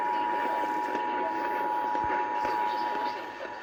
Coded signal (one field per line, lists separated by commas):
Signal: Emergency Alert System (SAME) tones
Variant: 853 and 960 Hz attention tone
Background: speech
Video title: August Has Arrived | EAS Tests From 8/3/2021 (EAS #827-836)